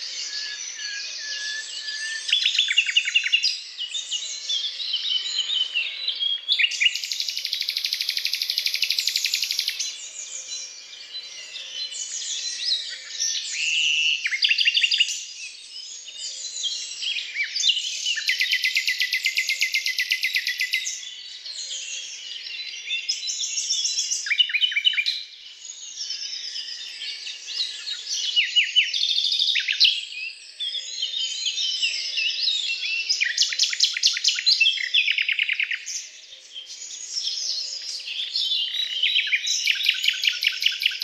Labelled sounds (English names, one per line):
Common Nightingale song